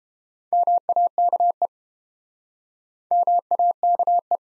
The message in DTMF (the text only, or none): none